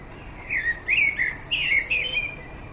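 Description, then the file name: Common blackbird song: a mellow fluted phrase of several warbled notes near one pitch, over a quiet background hiss. "Turdus merula"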